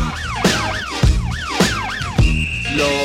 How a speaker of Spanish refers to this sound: La alarma.